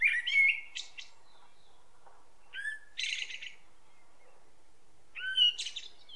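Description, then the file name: Common blackbird song: three phrases, each opening with low fluty warbled notes and ending in a high, squeaky twitter, separated by short pauses. "Turdus merula"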